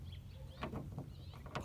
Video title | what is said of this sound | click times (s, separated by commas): windshield washer fluid NOZZLE replacement. 2008 Ford Fusion and many other vehicles | just push it down it snaps right in that's in through the hood now | 1.5 s